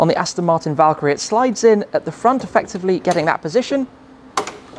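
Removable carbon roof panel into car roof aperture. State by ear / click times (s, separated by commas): seated / 4.4 s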